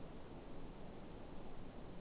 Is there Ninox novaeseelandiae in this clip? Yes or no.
no